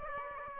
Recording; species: mosquito wingbeat signal from an infrared sensor; Aedes aegypti